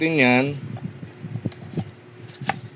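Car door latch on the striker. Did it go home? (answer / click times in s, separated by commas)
released / 2.5 s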